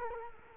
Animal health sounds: mosquito wingbeat signal from an infrared sensor; Culex quinquefasciatus

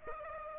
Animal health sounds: mosquito wingbeat signal from an infrared sensor; Aedes aegypti

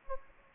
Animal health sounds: mosquito wingbeat signal from an infrared sensor; Anopheles gambiae

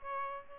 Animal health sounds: mosquito wingbeat signal from an infrared sensor; Aedes albopictus

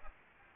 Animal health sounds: mosquito wingbeat signal from an infrared sensor; Aedes aegypti

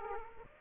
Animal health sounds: mosquito wingbeat signal from an infrared sensor; Aedes aegypti

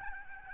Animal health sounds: mosquito wingbeat signal from an infrared sensor; Aedes albopictus

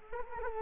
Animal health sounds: mosquito wingbeat signal from an infrared sensor; Culex quinquefasciatus

